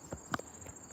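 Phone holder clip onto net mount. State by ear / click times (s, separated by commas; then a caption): seated / 0.3 s. A phone holder clip is pushed onto a fishing net mount rig. A single sharp click sounds at 0.3 s among a few softer taps, and the clip seats on the mount.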